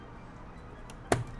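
A plastic LEGO element is pressed onto a round stud connection on a Star Wars set 75389 The Dark Falcon spaceship model. After a faint tick at 0.9 s, a sharp, bright snap rings out at 1.1 s over low background noise as the piece clicks into place and seats.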